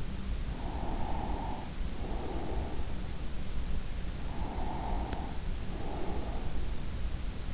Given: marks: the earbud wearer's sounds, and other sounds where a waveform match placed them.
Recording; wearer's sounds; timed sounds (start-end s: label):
sounds in sleep by an in-ear microphone; breath
0.64-2.94 s: breath
4.24-6.77 s: breath